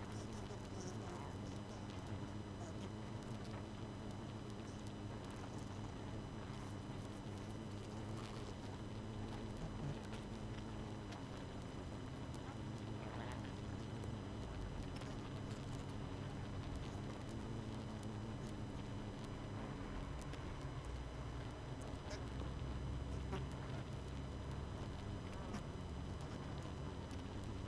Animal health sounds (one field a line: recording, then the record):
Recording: honeybee colony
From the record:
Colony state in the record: missing queen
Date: 31 May 2018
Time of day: 22:34